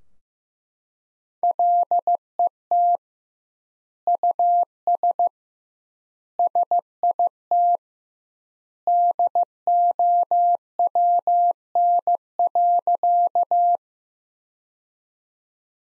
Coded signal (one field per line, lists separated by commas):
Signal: Morse code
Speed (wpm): 15 wpm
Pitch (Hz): 700 Hz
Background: none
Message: LET US SIT DOWN.